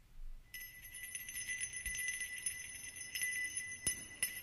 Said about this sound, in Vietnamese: Tay ông khẽ gõ lên cái mõ keng cùng cục, rồi dùng cái chuông len keng.